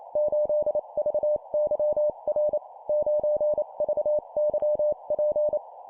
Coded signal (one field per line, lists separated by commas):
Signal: Morse code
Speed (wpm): 28 wpm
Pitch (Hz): 600 Hz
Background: none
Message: 8VYR 9VYP